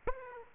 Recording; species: mosquito wingbeat signal from an infrared sensor; Aedes aegypti